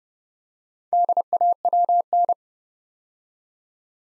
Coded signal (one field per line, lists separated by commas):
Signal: Morse code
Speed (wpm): 31 wpm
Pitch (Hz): 700 Hz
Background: none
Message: DAWN